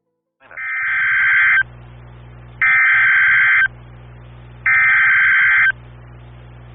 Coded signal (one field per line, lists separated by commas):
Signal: Emergency Alert System (SAME) tones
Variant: header bursts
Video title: Tropical Storm Elsa + EAS Alerts from 7/9/21 - EAS 292-315